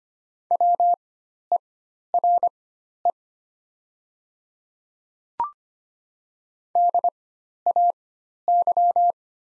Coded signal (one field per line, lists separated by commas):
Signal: Morse code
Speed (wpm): 25 wpm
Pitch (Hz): 700 Hz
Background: none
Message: WERE DAY